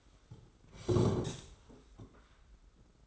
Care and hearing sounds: daily activity, microphone in the room; sit down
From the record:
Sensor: 3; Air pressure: 991.6 hPa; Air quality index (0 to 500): 170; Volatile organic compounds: 1000 ppm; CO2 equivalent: 5619 ppm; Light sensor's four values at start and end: 36/100/41/35 and 35/99/41/35

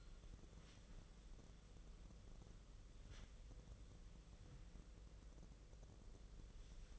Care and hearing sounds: daily activity, microphone in the room; wipe stove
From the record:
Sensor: 4

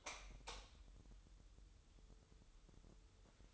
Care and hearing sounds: daily activity, microphone in the room; light on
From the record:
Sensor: 3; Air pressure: 988.3 hPa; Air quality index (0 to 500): 189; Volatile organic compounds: 250 ppm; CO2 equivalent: 4362 ppm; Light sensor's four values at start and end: 8/20/8/9 and 11/29/12/12

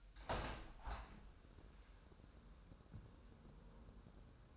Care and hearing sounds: daily activity, microphone in the room; open window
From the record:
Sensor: 2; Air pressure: 997.8 hPa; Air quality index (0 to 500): 133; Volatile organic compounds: 3 ppm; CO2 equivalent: 1501 ppm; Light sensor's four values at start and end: 11/31/13/12 and 11/32/13/12

